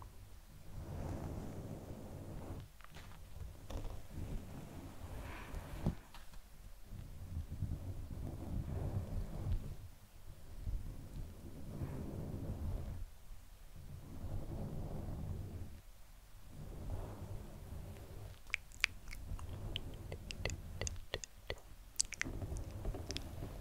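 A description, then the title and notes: Soft fingers brush, scratch and rub across a fluffy microphone cover, making a muffled, low rumble that swells and fades in slow waves. Brief quiet gaps break the rubbing every few seconds, and near the end sharper crackly plucks and ticks appear. SoftGentle Fluffy Mic Touching, Scratching, Plucking.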